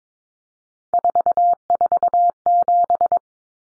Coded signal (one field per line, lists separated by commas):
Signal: Morse code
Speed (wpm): 22 wpm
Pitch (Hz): 700 Hz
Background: none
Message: 447